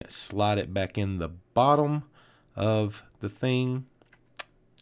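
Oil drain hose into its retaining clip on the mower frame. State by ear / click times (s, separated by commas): seated / 4.4 s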